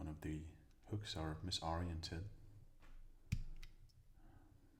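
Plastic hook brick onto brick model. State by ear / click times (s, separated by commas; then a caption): seated / 3.3 s. Someone talks while re-fitting a plastic LEGO hook brick onto a brick model after noticing one of its hooks was misoriented. The brick is pressed on and snaps into place with a sharp click at 3.3 s, followed by a fainter tick at 3.6 s. The piece is seated.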